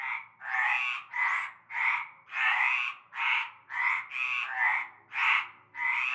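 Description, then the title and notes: Chorus of frogs giving coarse, rattling croaks in quick sequence, some running together, with a faint low hum. Chorus heard from nightfall in a large concrete basin holding stagnant greenish water, Avenue Cante Coucou, La Ciotat, Bouches-du-Rhône, Provence, France. "Avenue Cante Coucou, Groupède, La Ciotat, Marseille, Bouches-du-Rhône, Provence-Alpes-Côte d'Azur, France métropolitaine, 13600, France - cœur de grenouilles. Une grande vasque en béton, un fond d'eau verdâtre croupissant. et un cœur de grenouilles dès la nuit tombée"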